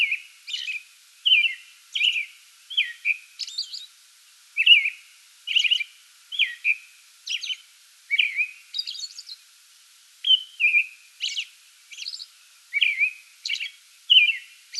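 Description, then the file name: American robin delivering a steady series of clear whistled phrases and high squeaky notes in quick succession. Pre-dawn song bout, recorded 8 May 2022. "2022-05-08 American Robin pre-dawn song bout"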